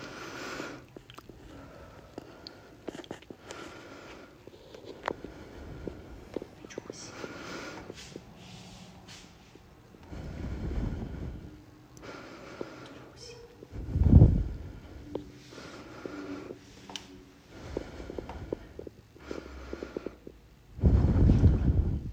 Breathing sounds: deep breathing after running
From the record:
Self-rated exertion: vigorous exertion (4 of 6); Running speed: 8 miles an hour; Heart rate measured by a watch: 133 beats a minute at the start, 127 at the end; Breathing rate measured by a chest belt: 20 breaths a minute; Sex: female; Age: 58 years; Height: 160 cm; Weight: 52 kg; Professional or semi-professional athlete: no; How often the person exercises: over 5 times a week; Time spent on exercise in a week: over 5 hours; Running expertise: no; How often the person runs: 3 to 5 times a week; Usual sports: running, swimming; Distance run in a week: 30 miles

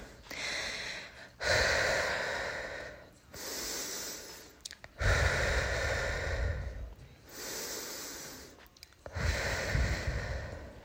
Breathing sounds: deep breathing after running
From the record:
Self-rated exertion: moderate exertion (3 of 6); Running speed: 5 miles an hour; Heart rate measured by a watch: 140 beats a minute at the start, 138 at the end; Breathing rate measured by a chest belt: 16 breaths a minute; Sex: female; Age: 18 years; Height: 171 cm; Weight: 75 kg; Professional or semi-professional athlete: no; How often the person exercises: 1 to 2 times a week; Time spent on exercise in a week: under 1 hour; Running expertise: no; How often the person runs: 1 to 2 times a week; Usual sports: running, fencing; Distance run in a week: 3 km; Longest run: 21.3 km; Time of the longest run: 190 minutes

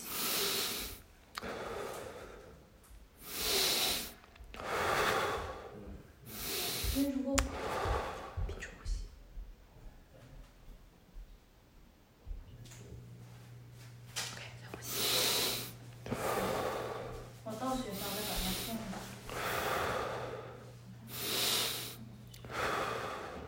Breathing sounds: deep breathing after running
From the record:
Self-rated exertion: light exertion (2 of 6); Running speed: 7 miles an hour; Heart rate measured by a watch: 101 beats a minute at the start, 89 at the end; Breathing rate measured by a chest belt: 11 breaths a minute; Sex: male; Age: 23 years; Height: 172 cm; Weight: 73 kg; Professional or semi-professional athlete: no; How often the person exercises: 3 to 5 times a week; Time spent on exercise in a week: over 5 hours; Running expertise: yes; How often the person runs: 3 to 5 times a week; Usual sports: running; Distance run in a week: 40 km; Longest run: 20 km

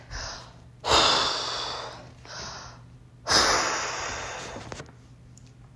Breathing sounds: deep breathing after running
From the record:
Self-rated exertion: moderate exertion (3 of 6); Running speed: 7 miles an hour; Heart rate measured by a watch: 129 beats a minute at the start, 126 at the end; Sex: female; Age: 24 years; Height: 163 cm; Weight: 52 kg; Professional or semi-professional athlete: no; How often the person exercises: 1 to 2 times a week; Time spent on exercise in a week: under 1 hour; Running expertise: no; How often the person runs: 1 to 2 times a week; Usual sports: interval training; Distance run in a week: 5 km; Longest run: 3 km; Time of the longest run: 30 minutes

